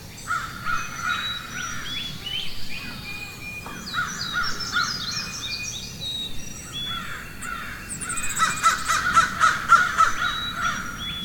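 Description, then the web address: Crows cawing, rough repeated calls in uneven bursts, with many small birds chirping and whistling throughout and a faster run of caws near the end. Forest ambience with crows and other birds chirping. "Wav Junction Sound Effects - Ambience. Ambience Forest Crows Birds Chirping"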